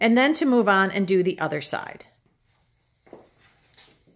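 Someone talks for about the first two seconds, then, after a short silence, faint handling sounds from about 3.1 s as a drawer with metal slides is lifted level and parallel to the dresser cabinet walls to line up the slides before they are pushed together. Nothing has seated or clicked yet.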